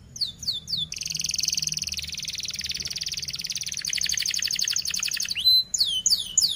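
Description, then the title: Canary song with a long fast buzzy trill lasting about four seconds, framed by repeated high downward-sweeping whistled notes. Canary song used as a lure to teach young canaries to sing; described as a fast, dense 'cuit cuit' style song. "Kenari Gacor Speed RAPAT Cuit Cuit Ngero L Suara Bagus Untuk Pancingan Kenari Paud Belajar Bunyi"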